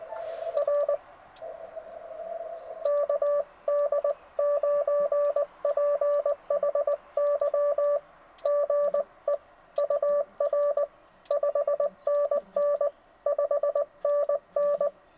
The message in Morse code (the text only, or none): R KD9PHY GE UR 5NN 5NN